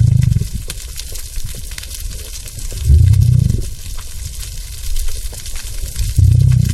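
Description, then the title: Gray whale breathing, deep rushing low blows at the start, near three seconds and again near six seconds, amid constant crackling hiss. "Respiros_Ballena_gris"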